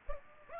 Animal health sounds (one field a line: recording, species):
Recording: mosquito wingbeat signal from an infrared sensor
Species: Aedes aegypti